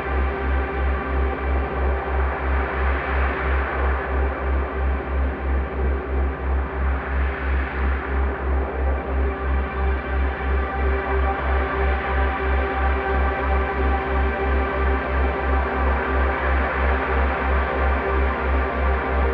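A slowed, resonated dishwasher recording forms a dense, steady drone of many sustained ringing tones. A deep, regular throb pulses underneath throughout, while brighter swirling washes swell and fade around the third, seventh and seventeenth seconds.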